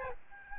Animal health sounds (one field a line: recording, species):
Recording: mosquito wingbeat signal from an infrared sensor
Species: Aedes albopictus